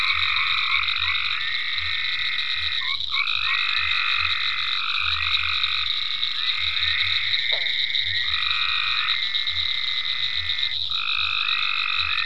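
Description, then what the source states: Dense frog chorus, trilled calls rising and breaking off repeatedly, with low pulsed croaks running through and a continuous high drone. Frogs in ponds at Venaura farm, recorded 27 May 2010.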